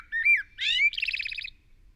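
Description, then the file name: Eurasian blackbird song phrase: a couple of fluty whistled notes ending in a quick, repeated twittering chatter. "Turdus merula"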